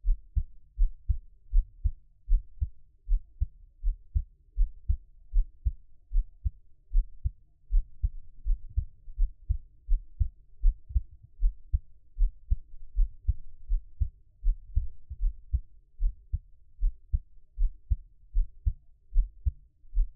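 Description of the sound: Steady, deep lub-dub thumps of an adult's own heartbeat repeat at about 78 beats a minute in an even rhythm, heard close up for ASMR listening with no talking, with only a faint low hum between beats.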